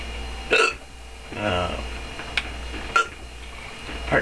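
Four abrupt, sharp gulping clicks come in about four seconds, with a longer voiced catch in between, over a steady low hum. These are an adult's hiccups: sudden diaphragm spasms snapped off by the closing vocal cords.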